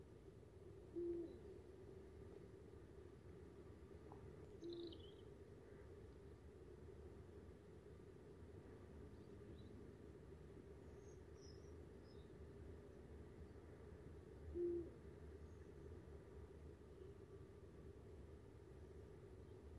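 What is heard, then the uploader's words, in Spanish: An eagle owl calls at night, giving three short, deep hoots near 1, 5 and 15 seconds, well spaced apart. A steady low rumble like far-off traffic fills the background throughout, with a few faint, high chirps around 5 and 12 seconds. Paisaje sonoro: Una noche de celos. Entran en celo especies como el búho real (Bubo bubo) o el zorro (Vulpes vulpes).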